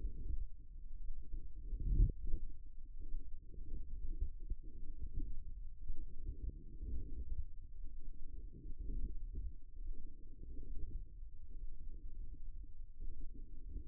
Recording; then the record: forearm muscle sounds (acoustic myography)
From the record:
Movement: wrist flexion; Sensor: system 1, eight BSWA MPA416 microphones around the upper forearm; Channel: 8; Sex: female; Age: 20 years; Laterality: right